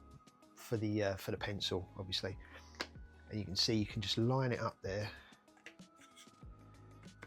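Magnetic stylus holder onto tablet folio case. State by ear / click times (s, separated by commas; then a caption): seated / 7.2 s. Someone talks while lining up a magnetic pencil holder, with a strong magnet, against a MOFT Dynamic Folio magnetic case for an iPad. The holder snaps into place on the folio with a short click at 7.2 s and is seated firmly.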